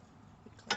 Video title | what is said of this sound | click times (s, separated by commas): 08 Dodge Nitro SLT/ installation of wheel bearing | it clicks right in nice and soft | 0.7 s